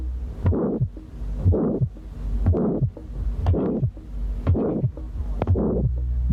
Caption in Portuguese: O sopro sistólico é áspero, em forma de losango, terminando antes de um segundo som normal.